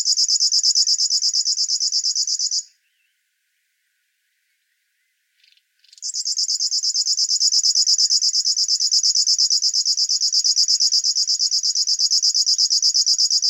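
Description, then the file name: River warbler song, a dry rhythmic buzzing of rapid pulsed notes, broken by a silence of about three seconds before resuming steadily. "Schlagschwirl - Locustella fluviatilis"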